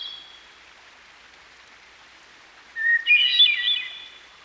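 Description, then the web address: Hermit thrush song: one fluty phrase opening on a steady low whistle, then a quick tangle of higher ringing notes, against a steady hiss of running water. Singing by a stream. "Dan Gibson Songbirds By The Stream. Hermit Thrush"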